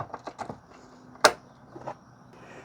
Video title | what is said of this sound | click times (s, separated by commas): Santa Fe Rear Side Marker / Park Light Bulb Replacement (Hyundai 2007 - 2012) | And push in the electrical connector till it clicks. | 1.2 s